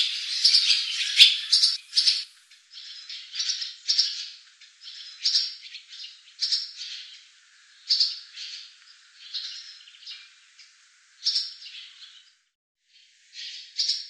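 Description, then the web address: Barn swallow calls in short twittering bursts at irregular intervals, with a few brief pauses between groups. "cianscape birddata Deverinetal 2025"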